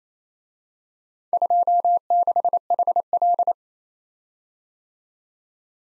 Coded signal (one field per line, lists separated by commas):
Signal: Morse code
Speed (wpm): 32 wpm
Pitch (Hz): 700 Hz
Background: none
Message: 26HL